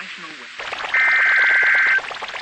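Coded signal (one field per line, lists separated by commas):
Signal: Emergency Alert System (SAME) tones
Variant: header bursts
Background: speech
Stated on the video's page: Weather alerts issued by the NWS office in Gray, Maine, captured as EAS broadcasts.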